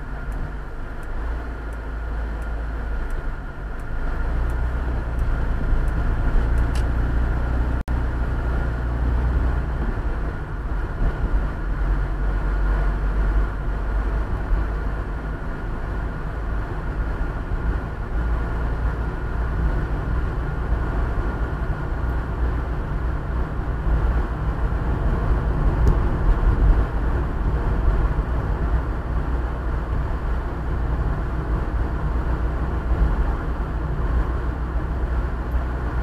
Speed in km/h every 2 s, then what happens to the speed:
16, 19, 19, 25, 31, 35, 37, 40, 43, 45, 46, 48, 49, 48, 48, 49, 49, 48.
0-19 speeds up to 46. 19-36 steady at about 48.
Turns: 0-7.